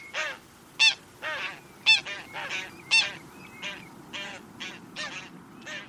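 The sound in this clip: Bird calls: many harsh, nasal honking notes in quick succession over a low rumbling background.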